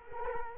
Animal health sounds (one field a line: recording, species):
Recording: mosquito wingbeat signal from an infrared sensor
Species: Culex quinquefasciatus